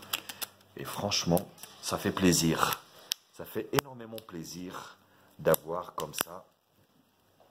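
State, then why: Not seated. A SIM card tray, which takes a micro SIM and a micro SD card, is handled at the slot of an Ulefone Mix 2 smartphone, with a few small sharp ticks near the start while someone talks throughout. The clip ends before the tray goes home, so nothing has seated or clicked yet.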